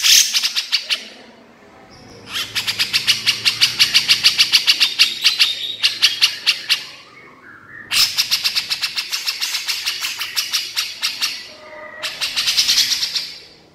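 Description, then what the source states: Horsfield's bush lark chattering in fast trains of bright high notes, separated by brief pauses. Masteran recording of a branjangan used to train other songbirds; described as super gacor, meaning singing continuously.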